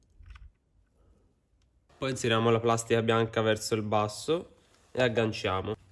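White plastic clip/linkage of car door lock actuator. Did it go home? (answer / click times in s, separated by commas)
no / none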